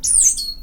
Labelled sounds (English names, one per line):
Stitchbird song